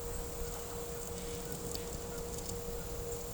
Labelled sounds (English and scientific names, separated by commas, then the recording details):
none
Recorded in pastures near Puerto Asís, Putumayo, Colombia, on 26 December 2024 at 15:30
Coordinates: 0.497, -76.327
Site G088